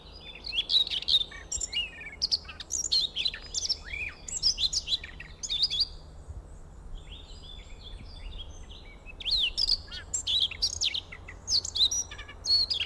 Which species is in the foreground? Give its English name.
Siberian Rubythroat